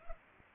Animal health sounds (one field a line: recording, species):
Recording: mosquito wingbeat signal from an infrared sensor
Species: Culex pipiens